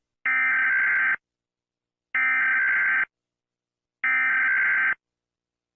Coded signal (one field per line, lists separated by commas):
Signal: Emergency Alert System (SAME) tones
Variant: header bursts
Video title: EAS Scenario: Klasky Csupo Splatt